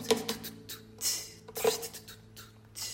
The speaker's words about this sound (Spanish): Una mano juguetea con el bolígrafo.